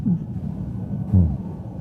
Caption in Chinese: 让我们感受一下我们耳聋的病人他听到的声音是什么样。 音量放的已经很大，可是我们完全听不出在说什么。 病人呐、他听声音啊，感受起来像隔了一堵墙，怎么听 也听不见。